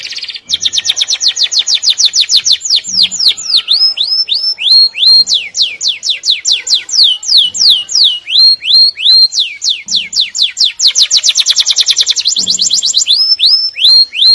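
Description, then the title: Atlantic canary singing loudly, with long series of quick high downslurred whistles and a fast buzzy trill near the end. "Kenari"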